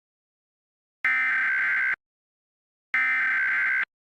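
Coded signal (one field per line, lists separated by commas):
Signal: Emergency Alert System (SAME) tones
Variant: header bursts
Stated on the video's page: Fictional Thanksgiving EAS scenario, not a real alert.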